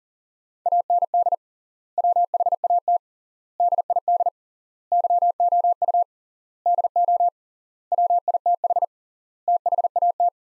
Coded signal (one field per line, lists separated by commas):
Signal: Morse code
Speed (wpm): 40 wpm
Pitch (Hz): 700 Hz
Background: none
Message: AND WHAT DID YOU DO WITH THAT